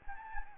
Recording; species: mosquito wingbeat signal from an infrared sensor; Anopheles gambiae